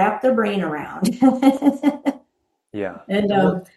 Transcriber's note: laughs